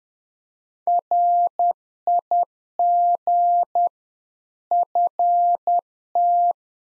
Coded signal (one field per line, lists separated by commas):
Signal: Morse code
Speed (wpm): 10 wpm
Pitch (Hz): 700 Hz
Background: none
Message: RIG FT